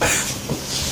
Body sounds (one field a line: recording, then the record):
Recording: coughing mixed with background sound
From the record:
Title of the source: Spring Cold Coughing 2